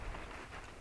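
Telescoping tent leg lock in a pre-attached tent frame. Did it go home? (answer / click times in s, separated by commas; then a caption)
no / none. A telescoping leg of a Coleman Instant 6 Person instant-setup tent, part of the pre-attached frame, is being pulled up to raise it. Only a steady, rain-like broadband hiss is heard for 0.8 seconds, with no distinct sudden sound. The leg lock has not popped into place yet, and nothing has seated.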